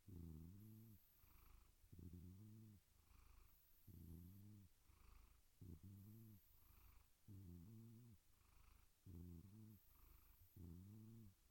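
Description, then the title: Domestic cat purr, low and rumbling, rising and falling in breaths about every one and three-quarter seconds; faint high hiss at times. "Cat Meow Sounds"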